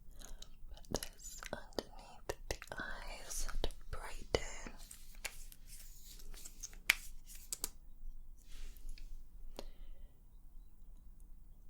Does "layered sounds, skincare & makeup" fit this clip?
yes